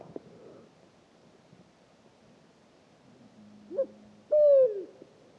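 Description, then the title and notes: Pharaoh eagle-owl: a low hum, then its two-part hoot, a short note quickly followed by a longer, falling one. Singing at night, 3 a.m., 8 March 2019, at Oued Enoicre, Mauritania; recorded with a Tlp7 parabola and MixPre3 from about ten metres. "Grand-duc du désert - Mauritanie. 08 mars 2019-Oued Enoicre - Mauritanie. Il est 3h du matin. Le Grand-duc ascalaphe (Bubo ascalaphus) chante"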